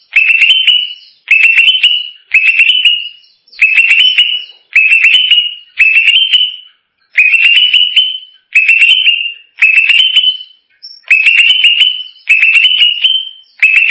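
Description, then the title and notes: Greater green leafbird repeating one phrase over and over: a cluster of sharp clicks sliding into a steady high whistle, about once a second. Champion singing bird. "Kicau Burung Cucak Ijo Juara. Suara kicauan burung cucak ijo"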